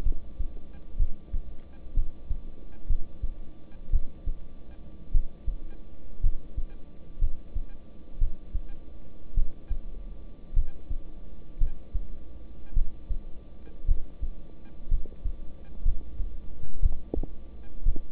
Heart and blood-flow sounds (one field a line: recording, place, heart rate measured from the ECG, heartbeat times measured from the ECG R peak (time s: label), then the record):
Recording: heart sounds by stethoscope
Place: between the tricuspid and mitral areas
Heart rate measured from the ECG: 57 bpm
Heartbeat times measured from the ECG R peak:
0.03 s: heartbeat
0.97 s: heartbeat
1.95 s: heartbeat
2.87 s: heartbeat
3.91 s: heartbeat
5.12 s: heartbeat
6.21 s: heartbeat
7.19 s: heartbeat
8.19 s: heartbeat
9.34 s: heartbeat
10.54 s: heartbeat
11.58 s: heartbeat
12.74 s: heartbeat
13.86 s: heartbeat
14.89 s: heartbeat
15.83 s: heartbeat
16.80 s: heartbeat
17.83 s: heartbeat
From the record:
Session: rest, lying down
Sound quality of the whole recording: good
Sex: male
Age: 26 years